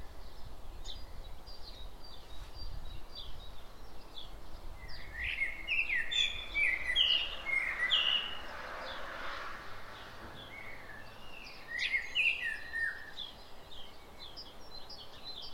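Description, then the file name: Common blackbird calling, a burst of short chirping and fluty notes midway and again near the end, over steady low background noise with faint high chirps throughout. "Turdus merula"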